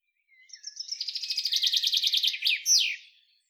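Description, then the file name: Common chaffinch song: a single clear phrase of rapid repeated notes, ending with an emphatic downward flourish. "Fringilla coelebs"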